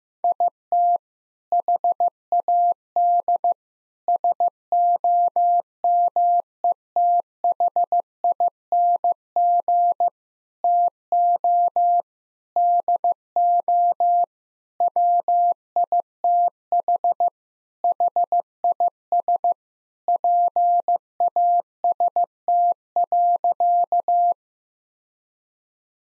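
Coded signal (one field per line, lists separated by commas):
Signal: Morse code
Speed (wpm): 15 wpm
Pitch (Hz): 700 Hz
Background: none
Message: IT HAD SOMETHING TO DO WITH HIS PAST.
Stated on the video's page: Morse practice drill at 15 wpm of sentences containing common five-word phrases, each sentence sent twice for head-copy.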